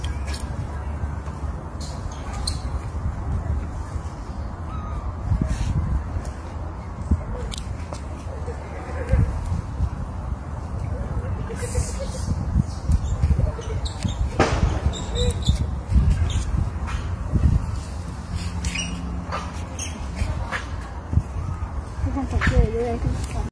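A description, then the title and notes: Monkeys call in a forest with loud, harsh cries and chatter that come in irregular bursts, some sharp, especially around the middle. Underneath runs a steady low rumble and rustle, with a faint high hiss of insects throughout. Amazing Monkey Live In The Forest.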